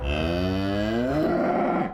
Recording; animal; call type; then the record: contact call of a hoofed animal; cattle; low-frequency (closed-mouth) or high-frequency (open-mouth) call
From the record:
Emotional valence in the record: negative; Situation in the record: full separation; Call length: 1.94 s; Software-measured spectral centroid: 1400 Hz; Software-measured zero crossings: 1180 a second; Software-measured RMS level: -24 dBFS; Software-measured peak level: -13 dBFS